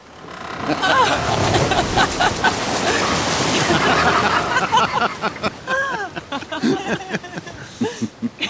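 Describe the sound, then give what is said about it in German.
Loud, steady rushing and splashing of whitewater as raftsmen steer a raft of rough tree trunks through rapids, spray splashing over it, fills the first half, then fades under excited voices and bursts of laughter as people chatter over the churning spray. “Nun lenken die Flößer das aus rohen Baumstämmen gemachte Gefährt durch einige Stromschnellen, sodass die Gischt über das Floß spritzt.”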